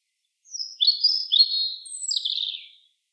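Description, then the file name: European robin, a high, silvery phrase of thin notes that slide into fast rippling twitters before trailing away. "Erithacus rubecula"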